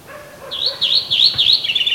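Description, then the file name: Common chaffinch song fragment: quick high slurred notes running into a rattling series, with faint lower tones underneath. "Fringilla coelebs"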